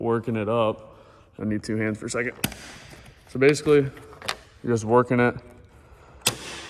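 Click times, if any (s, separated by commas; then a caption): 6.3 s. Someone talks while prying up a plastic door or pillar molding by hand on the passenger side of a car. A plastic trim clip lets go with a sharp pop at 6.3 s, and the molding starts to unclip.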